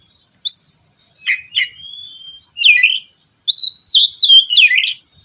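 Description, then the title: Oriental magpie-robin giving clear whistled notes and slurred, descending chirps in distinct phrases, with quiet pauses between them. "kacer"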